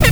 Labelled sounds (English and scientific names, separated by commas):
Zebra Finch (Taeniopygia guttata) kackle call